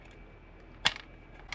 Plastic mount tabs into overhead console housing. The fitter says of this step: You'll feel them and hear them click into place.